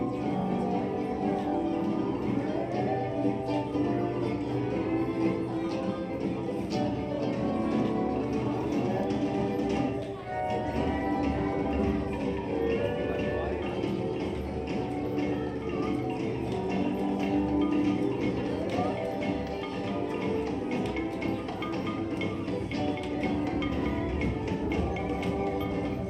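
A ride-along through an indoor boat attraction, filled with a dense, steady wash of cheerful music and bell-like chimes. Sung melodies rise and fall throughout, with murmuring voices and light tapping underneath. The sound briefly thins around ten seconds, then carries on at an even level.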